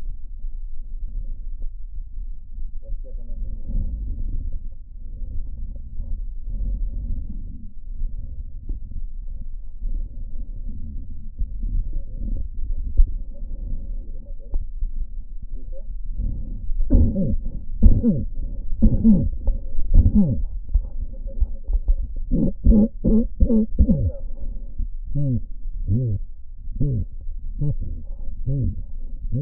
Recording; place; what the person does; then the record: lung sounds by stethoscope; right anterior apical chest; quiet breathing, then cough and speech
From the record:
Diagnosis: COPD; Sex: male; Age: 70 years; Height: 170 cm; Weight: 74 kg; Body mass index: 25.6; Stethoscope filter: diaphragm mode